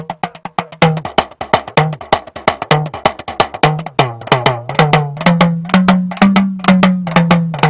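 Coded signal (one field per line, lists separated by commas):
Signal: talking drum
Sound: fast sequence of dry drum strokes with a low pitch that rises and falls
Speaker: we're going to listen to the talking drum and the language of the drum so that you can hear in this first clip the tap dancing that comes from the drum so this is the first clip number one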